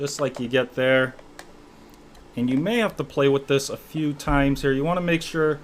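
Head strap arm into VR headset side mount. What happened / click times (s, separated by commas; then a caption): The head strap arm snapped into the headset mount / 1.4 s. Someone talks while a plastic Yoges ZQ2 head strap arm assembly is pushed straight into the side mount of a Meta Quest 2 VR headset. A sharp click at 1.4 s marks the arm snapping into place, and the talking resumes after it. The strap arm is seated.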